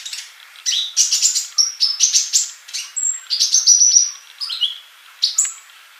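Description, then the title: Bird singing a fast, varied string of high chirps, trills and thin whistles, with one clear sustained whistle in the middle and brief pauses between bursts. "Kicau Burung"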